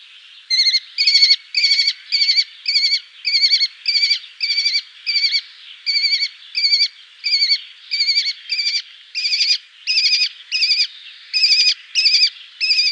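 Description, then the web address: Lesser kestrel giving harsh, rasping chattering notes, each a short buzzy burst, repeated steadily about twice per second throughout. "Schulze Peter Lesser Kestrel"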